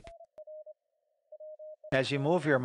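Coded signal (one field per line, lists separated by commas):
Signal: none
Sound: SDR tuning tones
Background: speech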